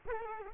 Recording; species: mosquito wingbeat signal from an infrared sensor; Culex quinquefasciatus